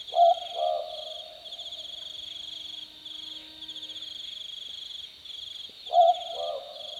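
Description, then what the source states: Southern boobook giving low, hooted two-note boo-book calls, one near the start and another about six seconds later, over a steady high insect drone. Recorded on a summer night, 17 February 2014, at 22:18:42.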